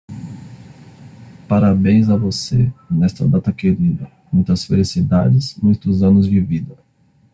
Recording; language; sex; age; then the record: short text; Brazilian Portuguese; male; 30 to 39 years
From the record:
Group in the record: control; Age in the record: 33 years